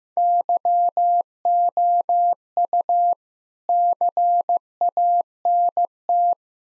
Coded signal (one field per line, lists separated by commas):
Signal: Morse code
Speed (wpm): 16 wpm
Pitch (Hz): 700 Hz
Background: none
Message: YOU CANT